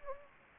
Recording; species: mosquito wingbeat signal from an infrared sensor; Anopheles gambiae